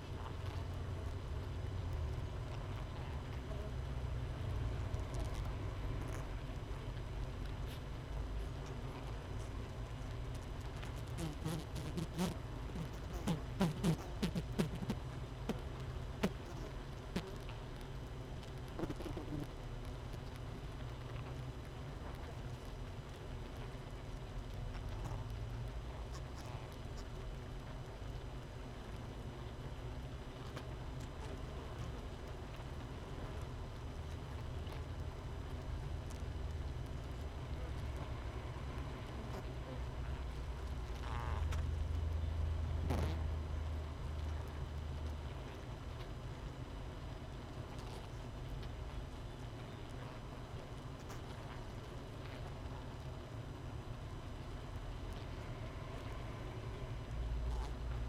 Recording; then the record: honeybee colony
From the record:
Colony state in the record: missing queen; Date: 31 May 2018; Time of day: 5:54